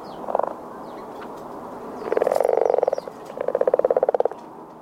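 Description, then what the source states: Frog calls: a brief croak, then two longer rattling trills of rapid pulses, mid-pitched, over a steady hissing background. Recorded on 14 February 2011.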